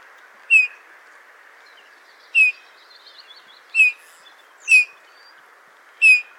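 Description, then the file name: Eurasian bullfinch calls: soft piping descending notes given five times at uneven intervals, with faint chirps between them. "Pyrrhula pyrrhula"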